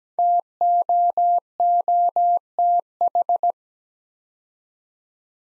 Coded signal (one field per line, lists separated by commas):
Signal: Morse code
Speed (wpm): 17 wpm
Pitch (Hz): 700 Hz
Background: none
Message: TOOTH